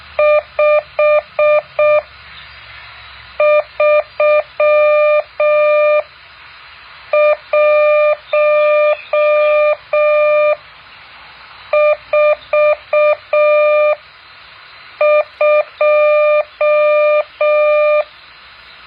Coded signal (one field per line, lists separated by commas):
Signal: Morse code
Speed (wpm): 6 wpm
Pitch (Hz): 600 Hz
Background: none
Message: 53142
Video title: แบบฝึกหัด Morse code 8.4